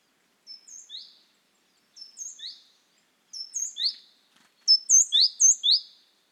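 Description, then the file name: Great tit gives high, swooping chirps in short groups of three. The groups come about every one and a half seconds and grow louder, with the last ones doubled. "Parus major"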